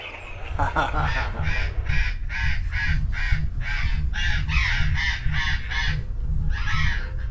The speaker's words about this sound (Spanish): Estoy acá escuchando a los loros, porque esta es la hora que los loros se van a dormir, ¿viste? Ah, sí, yo escucho el loro afuera y paso los loros volando.